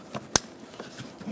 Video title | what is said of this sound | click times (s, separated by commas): How to Replace Throttle Body Assembly 2007-2011 Toyota Camry (2.4L L4) | there you go heard the click give it a pull it's locked | 0.4 s